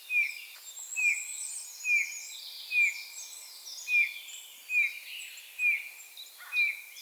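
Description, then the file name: Eurasian bullfinch repeating a soft, plaintive falling whistle eight times, slightly under a second between notes, while higher twittering from other birds fills the background. "Pyrrhula pyrrhula"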